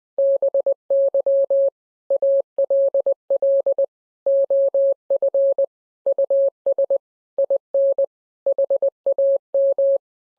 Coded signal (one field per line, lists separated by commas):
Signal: Morse code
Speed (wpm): 20 wpm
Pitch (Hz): 550 Hz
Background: none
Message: BY ALL OF US IN HAM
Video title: #HamRadio Live! 251 Tribute To Ameritron Manager Mike Enis + MFJ Out Of Huntsville. Contest’s & More